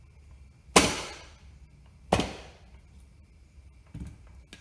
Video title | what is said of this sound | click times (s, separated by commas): Honda D16 - MFactory Final Drive and LSD Install | See how that snap ring actually clicked into place | 0.8 s